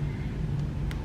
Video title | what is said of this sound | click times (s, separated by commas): Clip In Hair Extensions Tutorial - BellaMi | hear that snap | 0.9 s